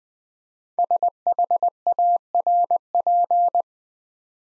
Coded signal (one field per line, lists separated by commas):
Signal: Morse code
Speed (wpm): 21 wpm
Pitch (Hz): 700 Hz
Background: none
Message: SHARP